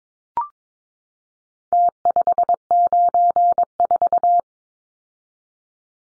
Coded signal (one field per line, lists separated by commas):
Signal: Morse code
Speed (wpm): 22 wpm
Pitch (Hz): 700 Hz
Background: none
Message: T594